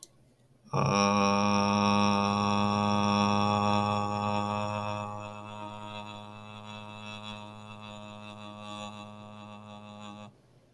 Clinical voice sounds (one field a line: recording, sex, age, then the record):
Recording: vowel held as long as possible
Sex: male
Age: 20 to 29 years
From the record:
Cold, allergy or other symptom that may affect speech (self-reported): no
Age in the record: 24 years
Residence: Arkansas, United States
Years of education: 16